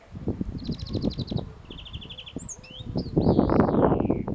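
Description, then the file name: European greenfinch with two rapid trilled rattles, then a few thin slurred notes and a long descending wheezy note, over low rumbling noise. "Chloris chloris"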